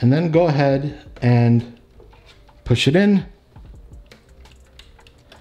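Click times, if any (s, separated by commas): 4.8 s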